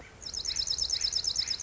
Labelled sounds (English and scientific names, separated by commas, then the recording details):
Dark-eyed Junco (Junco hyemalis)
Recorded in Sonoma County, California